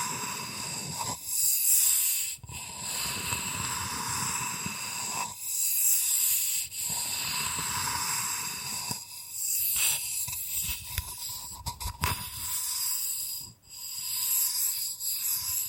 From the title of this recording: Bamboo Tapping, Scratching and Brushing Sounds